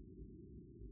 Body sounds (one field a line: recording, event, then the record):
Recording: neck accelerometer signal played as sound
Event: no cough (speech, laughter, throat clearing or background)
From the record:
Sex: male